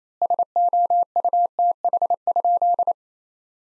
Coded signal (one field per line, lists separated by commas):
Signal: Morse code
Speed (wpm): 27 wpm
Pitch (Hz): 700 Hz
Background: none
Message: SOUTH?